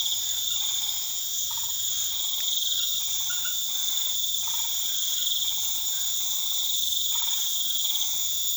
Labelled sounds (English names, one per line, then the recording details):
none
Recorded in pastures near Puerto Asís, Putumayo, Colombia, on 12 March 2025 at 23:00
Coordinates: 0.487, -76.322
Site G077